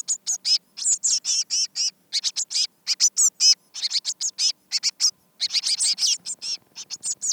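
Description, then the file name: Eurasian blue tit calls, high bright chirps repeated rapidly and almost continuously, each note short and sharp, with brief breaks between runs. "Cyanistes caeruleus"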